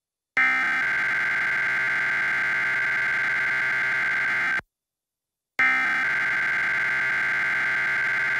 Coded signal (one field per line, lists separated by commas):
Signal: Emergency Alert System (SAME) tones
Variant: header bursts